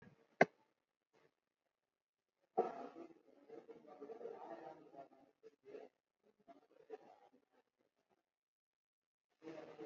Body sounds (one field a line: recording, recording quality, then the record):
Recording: shallow breathing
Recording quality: poor, much background noise or distortion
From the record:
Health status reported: COVID-19 positive, moderate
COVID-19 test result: positive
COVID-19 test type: RT-PCR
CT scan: taken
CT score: 16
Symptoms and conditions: cough, cold, breathing difficulty, sore throat, fever, fatigue, muscle pain, loss of smell and taste, diabetes, ischaemic heart disease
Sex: male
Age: 58 years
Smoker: no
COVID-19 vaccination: both doses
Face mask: worn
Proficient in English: yes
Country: India